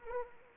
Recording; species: mosquito wingbeat signal from an infrared sensor; Anopheles arabiensis